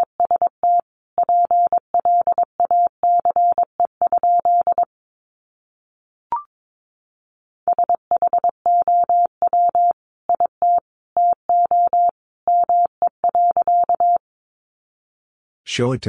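Morse code beeps in a steady mid-pitched tone, keyed in quick bursts of short and long pulses with brief gaps. The keying runs for about five seconds, pauses, then resumes from about 7.5 to 14 seconds. A single click falls in the pause, and a short rough noise closes the clip.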